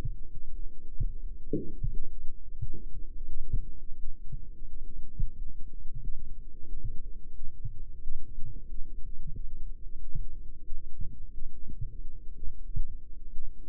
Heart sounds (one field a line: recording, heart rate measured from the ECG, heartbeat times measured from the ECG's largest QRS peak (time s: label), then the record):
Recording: heart sounds by microphone in the right ear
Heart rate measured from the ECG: 89 bpm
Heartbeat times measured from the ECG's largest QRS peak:
0.44 s: heartbeat
1.16 s: heartbeat
1.86 s: heartbeat
2.54 s: heartbeat
3.23 s: heartbeat
3.93 s: heartbeat
4.63 s: heartbeat
5.30 s: heartbeat
5.96 s: heartbeat
6.62 s: heartbeat
7.29 s: heartbeat
7.97 s: heartbeat
8.63 s: heartbeat
9.28 s: heartbeat
9.93 s: heartbeat
10.59 s: heartbeat
11.28 s: heartbeat
11.94 s: heartbeat
12.60 s: heartbeat
13.25 s: heartbeat
From the record:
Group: healthy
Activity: light exercise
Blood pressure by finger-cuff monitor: 130/69 mmHg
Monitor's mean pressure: 87 mmHg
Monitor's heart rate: 89 bpm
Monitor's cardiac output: 8.4 L/min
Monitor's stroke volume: 95 mL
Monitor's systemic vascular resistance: 750 dyn s/cm5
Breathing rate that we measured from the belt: 18 breaths a minute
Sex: female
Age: 22 years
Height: 171 cm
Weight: 65.6 kg